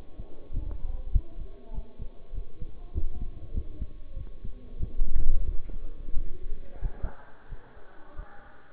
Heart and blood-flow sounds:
heart sounds by stethoscope; between the tricuspid and mitral areas; 94 bpm
0.52 s: heartbeat
1.12 s: heartbeat
1.73 s: heartbeat
2.33 s: heartbeat
2.93 s: heartbeat
3.53 s: heartbeat
4.15 s: heartbeat
4.78 s: heartbeat
5.44 s: heartbeat
6.13 s: heartbeat
6.80 s: heartbeat
7.48 s: heartbeat
8.14 s: heartbeat
From the record:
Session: bicycle stress test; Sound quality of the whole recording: good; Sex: male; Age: 23 years

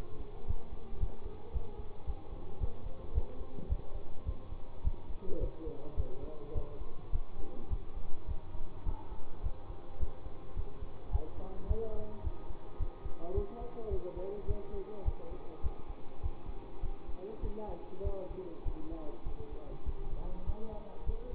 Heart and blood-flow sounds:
heart sounds by stethoscope; between the tricuspid and mitral areas; 105 bpm
0.46 s: heartbeat
0.99 s: heartbeat
1.52 s: heartbeat
2.06 s: heartbeat
2.60 s: heartbeat
3.14 s: heartbeat
3.68 s: heartbeat
4.25 s: heartbeat
4.83 s: heartbeat
5.40 s: heartbeat
5.96 s: heartbeat
6.54 s: heartbeat
7.12 s: heartbeat
7.69 s: heartbeat
8.27 s: heartbeat
8.85 s: heartbeat
9.42 s: heartbeat
9.99 s: heartbeat
10.56 s: heartbeat
11.11 s: heartbeat
11.67 s: heartbeat
12.23 s: heartbeat
12.79 s: heartbeat
13.34 s: heartbeat
13.90 s: heartbeat
14.47 s: heartbeat
15.04 s: heartbeat
15.62 s: heartbeat
16.22 s: heartbeat
16.82 s: heartbeat
17.42 s: heartbeat
18.03 s: heartbeat
18.64 s: heartbeat
19.25 s: heartbeat
19.85 s: heartbeat
20.45 s: heartbeat
21.05 s: heartbeat
From the record:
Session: bicycle stress test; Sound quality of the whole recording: good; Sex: male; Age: 24 years

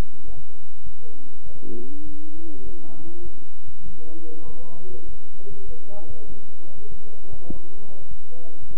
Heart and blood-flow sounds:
heart sounds by stethoscope; between the tricuspid and mitral areas; 100 bpm
0.26 s: heartbeat
0.84 s: heartbeat
1.44 s: heartbeat
2.05 s: heartbeat
2.64 s: heartbeat
3.23 s: heartbeat
3.84 s: heartbeat
4.46 s: heartbeat
5.06 s: heartbeat
5.66 s: heartbeat
6.28 s: heartbeat
6.89 s: heartbeat
7.49 s: heartbeat
8.09 s: heartbeat
8.69 s: heartbeat
From the record:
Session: bicycle stress test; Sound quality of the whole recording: good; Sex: male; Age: 23 years

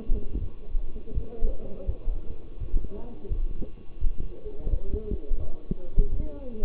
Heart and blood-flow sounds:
heart sounds by stethoscope; between the tricuspid and mitral areas; 84 bpm
0.39 s: heartbeat
1.14 s: heartbeat
1.86 s: heartbeat
2.59 s: heartbeat
3.28 s: heartbeat
4.00 s: heartbeat
4.69 s: heartbeat
5.38 s: heartbeat
6.10 s: heartbeat
From the record:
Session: walking at 3.7 km/h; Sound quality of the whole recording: partially saturated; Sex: male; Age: 24 years

